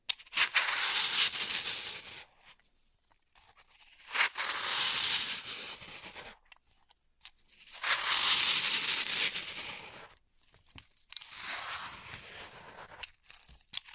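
Floral foam being crushed and cut, in four long bursts of dense, gritty crunching and tearing, each lasting about two seconds. Sharp snaps mark the starts near 0 and 4 seconds, with near silence between bursts and a softer, scratchier final one.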